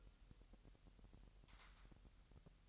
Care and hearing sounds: daily activity, microphone in the room; take from stove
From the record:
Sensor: 3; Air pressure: 1002.0 hPa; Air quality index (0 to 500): 247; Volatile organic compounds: 49 ppm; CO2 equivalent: 3281 ppm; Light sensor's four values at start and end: 6/15/6/6 and 6/15/6/6

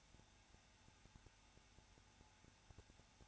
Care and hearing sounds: daily activity, microphone in the room; no activity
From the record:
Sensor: 2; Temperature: 21.0 degrees Celsius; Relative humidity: 34.2%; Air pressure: 994.4 hPa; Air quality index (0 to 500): 171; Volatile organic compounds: 3 ppm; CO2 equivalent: 1329 ppm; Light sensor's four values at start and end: 2/3/2/2 and 2/3/2/2

